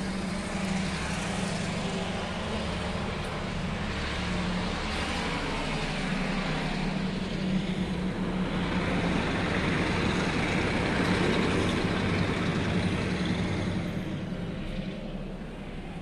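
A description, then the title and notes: A train rumbles past in a steady, dense roar, with a strong low hum and a constant rattling clatter across the full range. The noise swells gradually toward the middle and stays loud, easing slightly near the end, with no distinct separate events. Train.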